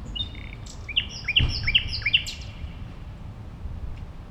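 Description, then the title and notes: Common nightingale song: a phrase of four loud, sharp repeated notes after a brief high whistle, over steady low rumble. Singing at a playground on Gartenstraße in the Mitte district of Berlin, Germany. "nachtigall in der gartenstraße. Mitte, Berlin, Germany. eine nachtigall am spielplatz gartenstraße"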